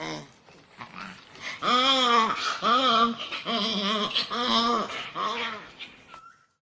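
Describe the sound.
Fossa giving five or six arched, whining mews, then fading out to a short steady tone.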